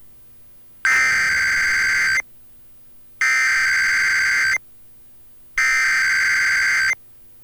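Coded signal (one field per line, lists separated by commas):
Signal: Emergency Alert System (SAME) tones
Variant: header bursts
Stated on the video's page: Required Monthly Tests for an earthquake and tsunami drill, relayed by NOAA Weather Radio, cable and FM stations; weather radio audio recorded directly from a receiver.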